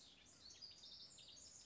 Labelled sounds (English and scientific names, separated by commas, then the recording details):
House Wren (Troglodytes aedon)
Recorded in Sonoma County, California